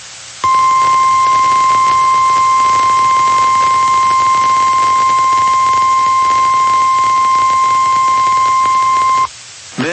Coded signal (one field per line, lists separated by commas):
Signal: Emergency Alert System (SAME) tones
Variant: 1050 Hz attention tone